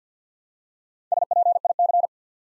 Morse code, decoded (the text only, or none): SPIC